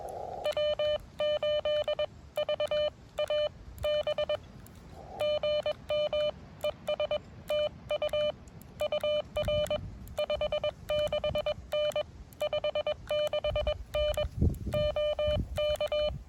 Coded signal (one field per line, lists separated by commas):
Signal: Morse code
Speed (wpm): 21 wpm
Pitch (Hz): 600 Hz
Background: none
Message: W8VAB GM ES TU UR 56N 56N OK